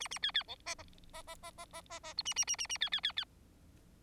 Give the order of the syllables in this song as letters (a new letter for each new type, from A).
A A B B C D D D D D D D D D E A A A A A B B B B